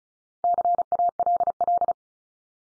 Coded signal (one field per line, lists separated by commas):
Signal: Morse code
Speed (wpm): 34 wpm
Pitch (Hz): 700 Hz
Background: none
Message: CALL